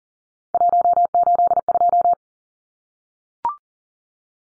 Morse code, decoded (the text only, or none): 182